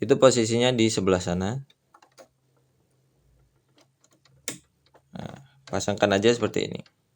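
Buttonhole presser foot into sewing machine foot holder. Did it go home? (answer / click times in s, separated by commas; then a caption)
no / none. A buttonhole presser foot is handled at the presser foot holder of a Brother JV1400 portable sewing machine while someone talks. Light ticks are heard around 2.0 s and a sharp tap at 4.5 s, followed by a few small ticks near 5.2–5.3 s. Nothing has seated or clicked yet.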